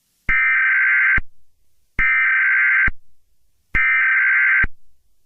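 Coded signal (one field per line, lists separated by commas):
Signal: Emergency Alert System (SAME) tones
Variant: header bursts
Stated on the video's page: Fictional EAS scenario, not a real alert.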